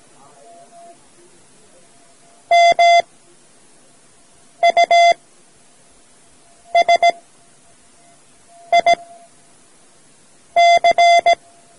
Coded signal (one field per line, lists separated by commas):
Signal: Morse code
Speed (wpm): 17 wpm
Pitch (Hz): 690 Hz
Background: none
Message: MUSIC